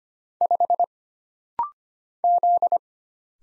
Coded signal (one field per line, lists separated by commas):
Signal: Morse code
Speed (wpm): 25 wpm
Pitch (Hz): 700 Hz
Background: none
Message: 5 Z